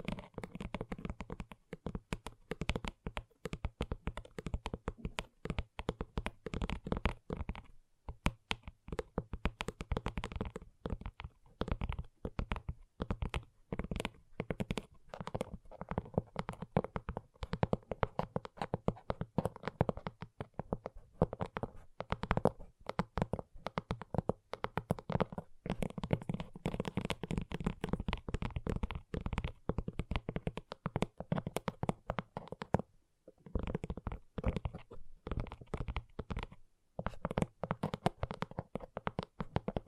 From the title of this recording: ASMR Gentle Tapping